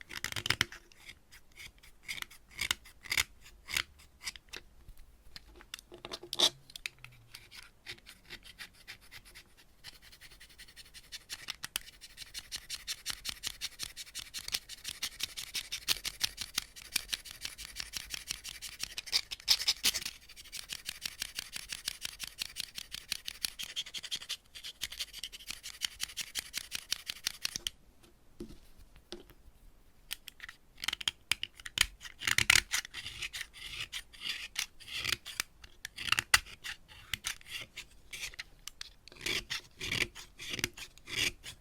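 Scratching and tapping sounds fill the recording, made of dense, crackly strokes with a bright, rough texture. The first ten seconds bring sparse taps and short scrapes, then scratching runs nearly continuously to about 28 seconds. After a brief lull, quick rasping bursts return.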